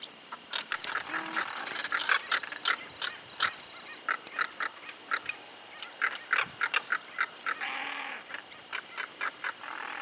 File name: carancho voz